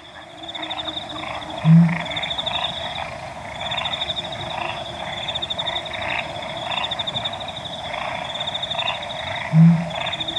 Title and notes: Pel's Fishing Owl At Dawn. August 15 2015, 4:01 AM. Okavango Panhandle